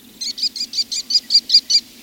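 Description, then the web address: American Kestrel with a quick run of nine shrill klee notes, high and evenly paced, over a quiet low hum. "birdnote-daily- episodio american-kestrel"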